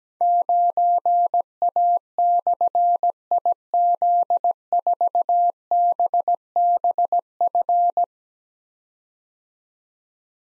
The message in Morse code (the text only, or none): 9A/IZ4BBF